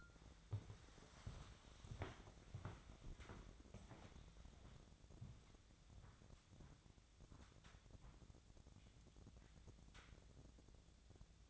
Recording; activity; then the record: daily activity, microphone in the room; walk to room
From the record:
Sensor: 3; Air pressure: 999.9 hPa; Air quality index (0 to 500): 122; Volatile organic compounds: 2 ppm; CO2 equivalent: 1101 ppm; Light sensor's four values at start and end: 41/101/44/49 and 43/106/47/52